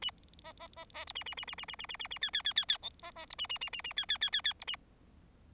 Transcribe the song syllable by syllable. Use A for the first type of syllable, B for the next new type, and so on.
A B B B B C A A A A A A A A A A D D D D D E B B C A A A A A D D D D D C A